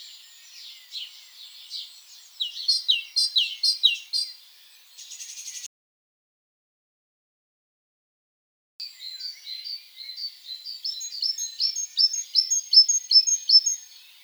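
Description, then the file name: Great tit calls in fast series of high, sharp notes, one burst early and another longer run after a silent gap. "Parus major"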